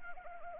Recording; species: mosquito wingbeat signal from an infrared sensor; Anopheles arabiensis